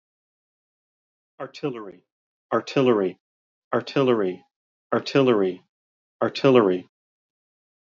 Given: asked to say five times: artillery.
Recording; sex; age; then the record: repeated word; male; 40 to 49 years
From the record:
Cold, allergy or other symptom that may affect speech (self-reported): no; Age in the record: 49 years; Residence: Arizona, United States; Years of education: 14